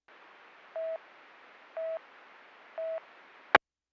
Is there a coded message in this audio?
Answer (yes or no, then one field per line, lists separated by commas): no